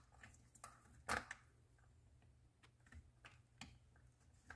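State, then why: Not seated. Handling noises as the center electrical plug is worked toward its connector in a digital carbon fiber steering wheel being installed on a C7 Corvette, with sharp ticks and knocks, the loudest burst near 1.1 s. The plug has not snapped into place yet, and nothing has seated or clicked in this clip.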